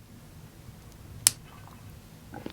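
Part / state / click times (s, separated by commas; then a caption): cable plug into earbud socket / seated / 1.3 s. A cable plug is pushed into the socket of a Smabat ST-10S wired earbud, the second of the pair, and it snaps into place with a sharp, bright click at 1.3 s. A few faint handling ticks follow around 1.7 s and 2.4–2.5 s, and the connector is seated.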